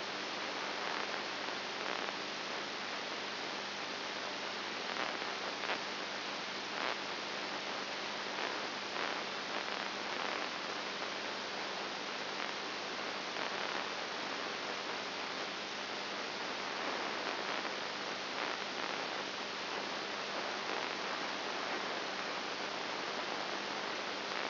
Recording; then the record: brain microelectrode recording played as sound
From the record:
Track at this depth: inside the subthalamic nucleus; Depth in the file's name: 6.1 mm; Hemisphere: right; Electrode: 2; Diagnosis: Parkinson's disease